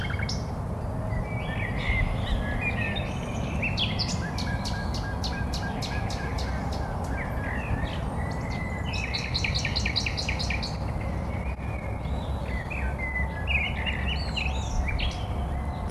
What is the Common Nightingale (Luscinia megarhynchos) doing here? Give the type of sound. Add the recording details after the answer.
song. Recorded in the wild. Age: adult. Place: Malchower Aue, Berlin, DE. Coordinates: 52.5808, 13.4886. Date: 1990-04-20 20:35. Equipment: Riporter 6 RG-K, Halbspur, Sennheiser MKH 416 T. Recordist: Frommolt, Karl-Heinz